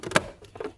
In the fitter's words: And when you hear the click, you know it's good to go.